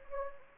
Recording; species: mosquito wingbeat signal from an infrared sensor; Anopheles gambiae